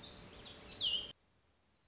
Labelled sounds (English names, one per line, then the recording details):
Black-throated Gray Warbler
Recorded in Sonoma County, California